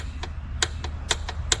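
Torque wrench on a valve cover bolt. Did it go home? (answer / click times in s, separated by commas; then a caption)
yes / 1.5 s. An inch-pound torque wrench tightens a valve cover bolt on a Kia Soul to 45 inch-pounds, in a crisscross pattern, during a valve cover gasket replacement for an engine oil leak under the hood. A steady low hum runs under a series of short, sharp ticks at about 0.2, 0.6, 0.8, 1.1, 1.3 and 1.5 seconds, with the loudest at 0.6, 1.1 and 1.5 seconds. The wrench clicks at the set torque at 1.5 seconds, and the bolt is torqued down.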